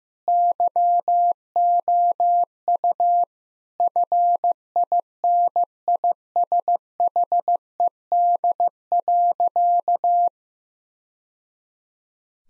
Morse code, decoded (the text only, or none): YOU FINISHED.